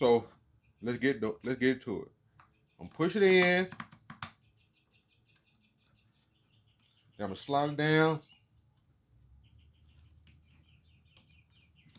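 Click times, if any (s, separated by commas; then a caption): none. A plastic part of a Kreg 720PRO pocket-hole jig is pushed in and slid down into the jig base while someone talks. Only faint handling sounds are heard, and nothing has clicked or seated yet, so the snap is missed.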